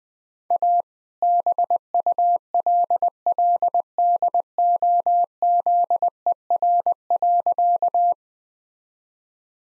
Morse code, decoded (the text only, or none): A BULLDOZER.